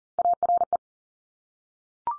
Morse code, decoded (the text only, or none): ARE